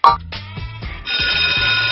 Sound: bell ringing

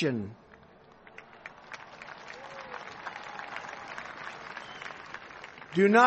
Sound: applause

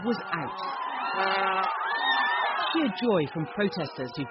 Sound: cheers

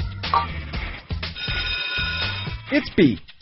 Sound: bell ringing

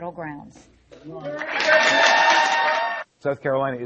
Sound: applause

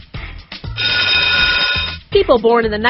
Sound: bell ringing

